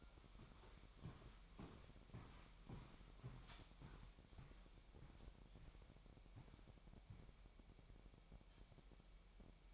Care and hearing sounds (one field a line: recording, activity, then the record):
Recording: daily activity, microphone in the room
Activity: walk to room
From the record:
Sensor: 1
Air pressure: 1012.2 hPa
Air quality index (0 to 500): 193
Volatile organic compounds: 4 ppm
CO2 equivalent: 1549 ppm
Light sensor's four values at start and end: 79/187/79/84 and 82/198/83/89